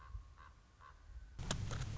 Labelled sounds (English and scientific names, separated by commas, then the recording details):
Common Raven (Corvus corax)
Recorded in Sonoma County, California